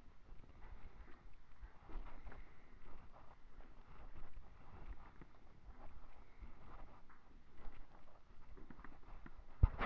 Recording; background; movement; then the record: deep breathing; quiet; walking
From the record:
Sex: male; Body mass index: 21.0 kg/m2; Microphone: on the chest, facing the body